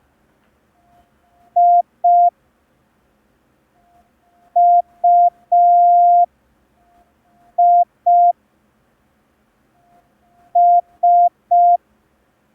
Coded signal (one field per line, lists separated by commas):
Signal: Morse code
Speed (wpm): 5 wpm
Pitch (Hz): 700 Hz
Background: none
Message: I U I S